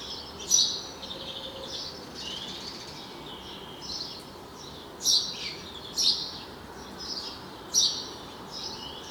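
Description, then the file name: House sparrow calls, sharp chirps with gaps between them, a few louder notes standing out above a soft continuous hiss. "Passer domesticus"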